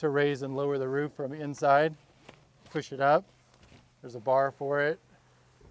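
Someone talks inside a 2021 Four Wheel Campers Grandby flatbed truck camper while the pop-up roof is pushed up from inside and the metal roof support bar is handled toward its lock. The clip ends before the bar goes home, so nothing has seated or clicked yet.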